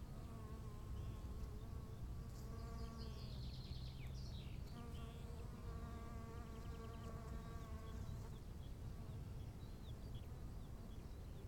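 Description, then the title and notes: Bees buzzing with a harmonic hum in two spells, birds twittering and trilling above from about two to eight seconds, wind rumbling low throughout. Bees at 15:15 on a field path to the Bruder-Klaus chapel in Wachendorf, with birds, wind and quiet. "wachendorf, feldweg. 15:15 feldweg zur bruder-klaus-kapelle, bienen, vögel, wind, stille"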